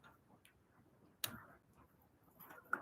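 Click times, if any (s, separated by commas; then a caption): 1.2 s, 2.7 s. A fountain pen cap is screwed onto its barrel, giving a sharp click partway through the thread at 1.2 s and again at 2.7 s, with quiet rustling between. The mid-thread click is repeated, but the cap is only partly screwed on.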